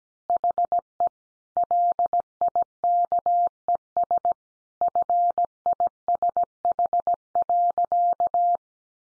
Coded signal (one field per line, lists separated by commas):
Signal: Morse code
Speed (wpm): 17 wpm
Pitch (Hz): 700 Hz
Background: none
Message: HE LIKES FISH.